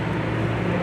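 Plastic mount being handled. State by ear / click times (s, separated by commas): not seated / none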